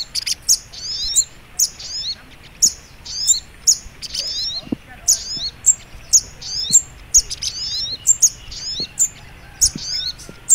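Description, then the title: Little Spiderhunter song: steady run of shrill chirps with slurred falling tails, with faint low ticks. Training recording (masteran). "Masteran Burung Sogok Ontong Labaik"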